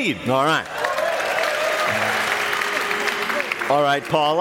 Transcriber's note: applause